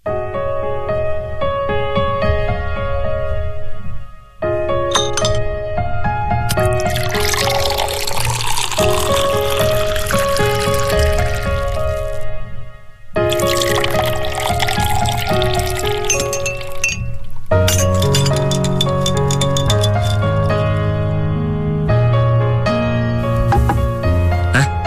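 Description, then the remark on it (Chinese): Liquid pours in hissing, splashy bursts, followed by sharp clinks and rattles of ice against glass as a Negroni cocktail of gin, sweet vermouth, Campari, ice and an orange slice is mixed, all over a steady bed of background music. “这是你的鸡尾酒，它是由金酒、甜味美思、金巴利酒、冰块和香橙片调成的，名字叫做尼克罗尼。”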